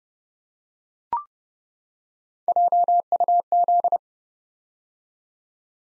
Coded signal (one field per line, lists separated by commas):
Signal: Morse code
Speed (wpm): 30 wpm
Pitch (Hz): 700 Hz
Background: none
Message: JUZ